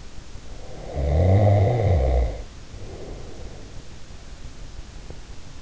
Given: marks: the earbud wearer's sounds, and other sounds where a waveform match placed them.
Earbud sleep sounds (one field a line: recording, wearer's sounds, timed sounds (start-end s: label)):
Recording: sounds in sleep by an in-ear microphone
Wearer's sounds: snoring breath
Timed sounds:
0.77-3.96 s: snoring breath